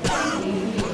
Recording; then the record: coughing mixed with background sound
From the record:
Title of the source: Coughing 51